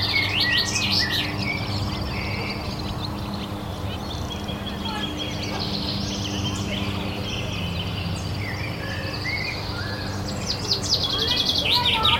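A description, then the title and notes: Birds chirp and twitter throughout over a steady low rumble, with bright bursts of song near the start and end, children playing in the distance. Lazy Summer Afternoon Park Ambience | Neighborhood Soundscape. You're completely at ease in the nearby neighborhood park, as birds chirp and children play off in the distance.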